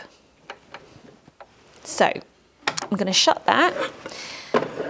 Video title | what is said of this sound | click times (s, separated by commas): Bernette B35 Sewing Machine | and pretend that we're sewing you can hear they click then to engage and now they're coming up | 0.5 s, 0.7 s, 1.4 s